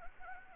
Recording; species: mosquito wingbeat signal from an infrared sensor; Anopheles gambiae